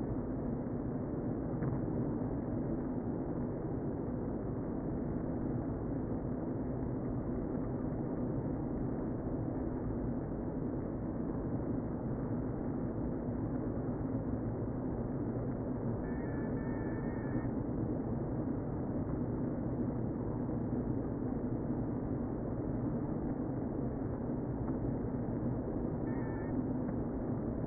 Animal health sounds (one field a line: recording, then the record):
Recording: honeybee colony, microphone inside the hive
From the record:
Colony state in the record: queen present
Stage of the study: before two queens were removed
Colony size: about 60,000 bees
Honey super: yes